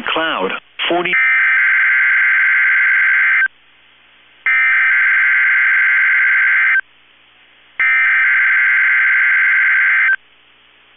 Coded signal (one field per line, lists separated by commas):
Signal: Emergency Alert System (SAME) tones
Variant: header bursts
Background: speech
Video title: 11/10/21 - KEC65 Required Weekly Test (EAS #277)